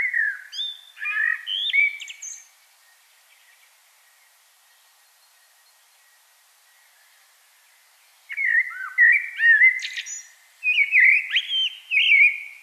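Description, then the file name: Common blackbird singing a warbled phrase with high twitters, falling silent for about six seconds, then resuming with fluted phrases and shrill flourishes. "Turdus merula"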